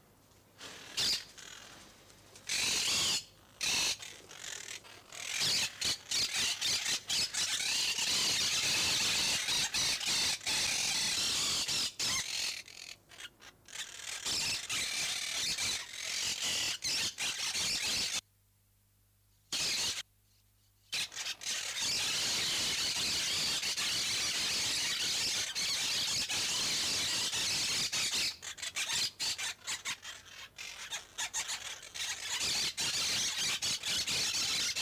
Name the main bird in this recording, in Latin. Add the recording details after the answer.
Myiopsitta monachus. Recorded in captivity. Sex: group. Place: Zoo Halle, Sachsen-Anhalt, DE. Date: 2004-12-14 15:07. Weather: sonnig, 2°C. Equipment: Sony WM-D6C, Sennheiser ME 80, Kopie Uher 4000 Report Monitor. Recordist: Tembrock, Günter. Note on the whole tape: Laute in Gruppe